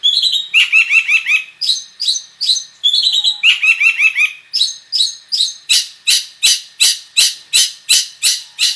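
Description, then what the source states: Long-tailed shrike song opening with varied warbled phrases, then shifting to a quick series of harsh, evenly spaced notes. Full song packed with imitations (isian), bird described as gacor.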